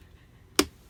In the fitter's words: hear it click but it's not actually there